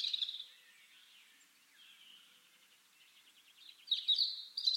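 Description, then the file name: European robin song: a high bright phrase opens, soft thin notes follow, then a brighter burst of notes near the end. "Erithacus rubecula"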